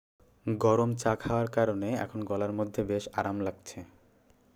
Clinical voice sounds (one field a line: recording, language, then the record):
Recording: elicited speech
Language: Bengali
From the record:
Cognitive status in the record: cognitively healthy